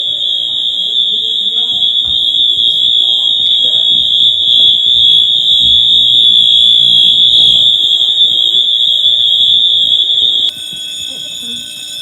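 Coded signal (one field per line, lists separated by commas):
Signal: alarm pattern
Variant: Gamewell horns and bell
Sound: loud continuous ringing alarm bell and horn, unbroken, changing tone near the end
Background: indoor echo, faint voices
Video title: Fire Alarm Goes off at Grandparent’s Apartment Complex! | Gamewell MTs and Bell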